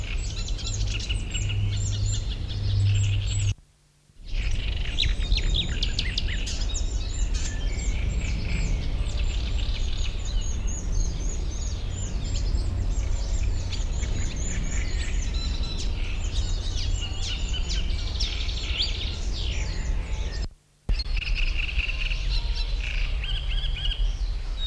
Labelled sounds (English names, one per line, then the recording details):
Marsh Warbler
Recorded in the wild
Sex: male
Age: adult
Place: Blankenfelde, Berlin, DE
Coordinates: 52.332, 13.421
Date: 1993-05-30
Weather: heiter, 18-21°C
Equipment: Marantz CP 430, Sennheiser ME 80, Kopie Uher Variocord 263
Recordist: Tembrock, Günter